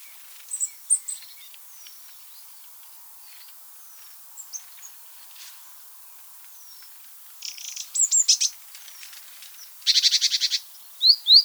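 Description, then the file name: Eurasian wren rattling calls, two dry buzzy bursts late on, the last about half a second long, among scattered thin high chirps and ticks. "Troglodytes troglodytes"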